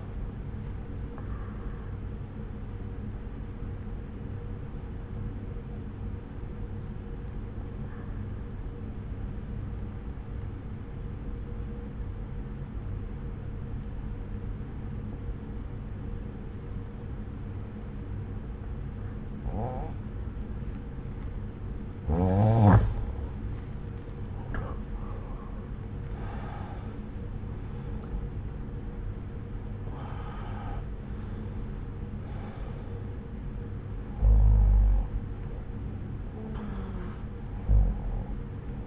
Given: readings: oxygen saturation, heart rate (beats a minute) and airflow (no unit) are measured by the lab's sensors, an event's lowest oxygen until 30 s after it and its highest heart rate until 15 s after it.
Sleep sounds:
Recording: breathing in sleep by a smartphone at the bedside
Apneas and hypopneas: 1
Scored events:
3.00-24.30 s: obstructive apnea (N2, oxygen 94% highest, then 85% lowest)
From the record:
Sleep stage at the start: N2 (light sleep)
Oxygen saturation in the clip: 90 to 94%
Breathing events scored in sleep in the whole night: 303 in 8.1 hours asleep

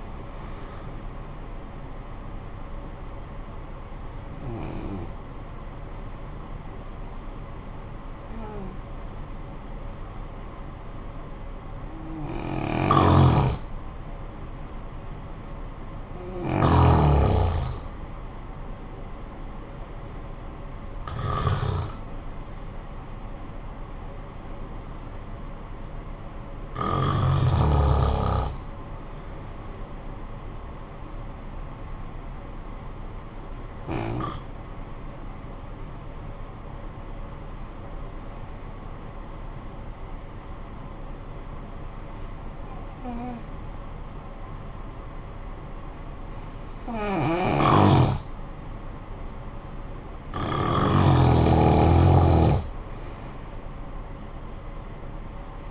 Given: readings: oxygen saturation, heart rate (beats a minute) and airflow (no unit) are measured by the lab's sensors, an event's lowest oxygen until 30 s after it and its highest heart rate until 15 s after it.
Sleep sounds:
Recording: breathing in sleep by a smartphone at the bedside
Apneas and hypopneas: 2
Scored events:
4.00-18.60 s: hypopnea (N2, oxygen 93% highest, then 89% lowest, heart rate 55 at the start, 65 highest)
25.00-55.71 s: new sleep stage, N1 (lightest sleep)
34.00-50.90 s: hypopnea (N1, oxygen 95% highest, then 88% lowest, heart rate 51 at the start, 58 highest)
From the record:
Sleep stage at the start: N2 (light sleep)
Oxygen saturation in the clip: 89 to 96%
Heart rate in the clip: 51 to 66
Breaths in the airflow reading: 10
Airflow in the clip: -11.2 to 6.6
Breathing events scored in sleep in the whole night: 445 in 7.6 hours asleep

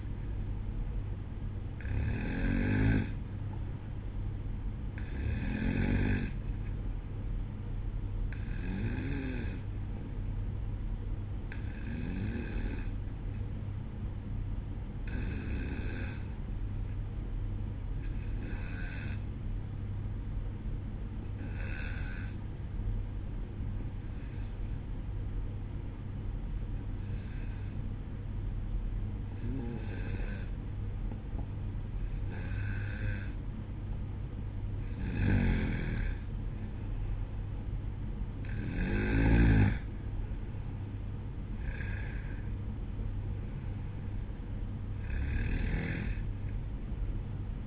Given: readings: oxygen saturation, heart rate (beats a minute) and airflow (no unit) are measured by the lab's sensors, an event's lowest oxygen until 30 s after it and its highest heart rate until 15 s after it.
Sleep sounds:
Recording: breathing in sleep by a smartphone at the bedside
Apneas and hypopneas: none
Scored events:
none scored
From the record:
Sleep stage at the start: N1 (lightest sleep)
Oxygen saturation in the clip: 91 to 94%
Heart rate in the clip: 63 to 67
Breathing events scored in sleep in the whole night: 305 in 9.6 hours asleep

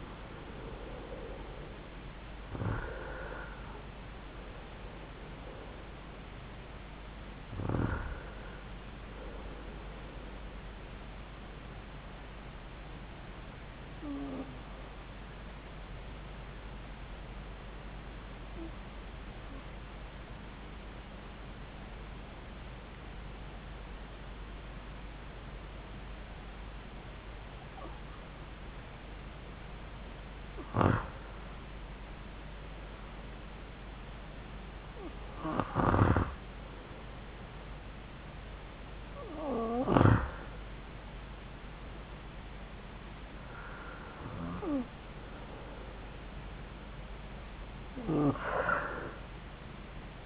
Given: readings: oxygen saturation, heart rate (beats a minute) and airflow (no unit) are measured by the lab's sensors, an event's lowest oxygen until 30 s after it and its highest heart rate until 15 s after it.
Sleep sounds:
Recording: breathing in sleep by a voice recorder at the bedside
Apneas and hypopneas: 1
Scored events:
17.00-33.40 s: hypopnea (REM, oxygen 96% highest, then 93% lowest)
From the record:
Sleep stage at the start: REM sleep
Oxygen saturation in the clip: 83 to 96%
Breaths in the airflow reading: 8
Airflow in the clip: -5.2 to 6.9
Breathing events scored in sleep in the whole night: 270 in 6.1 hours asleep

